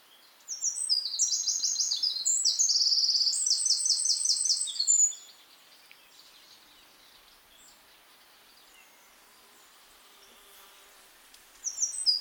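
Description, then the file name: Eurasian wren song, a loud burst of high, fast trills and sharp notes for about four and a half seconds, then near silence until a new trill begins at the end. "Troglodytes troglodytes"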